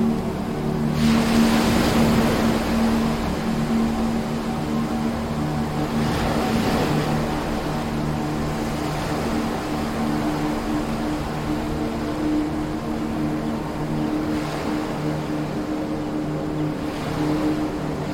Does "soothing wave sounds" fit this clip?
yes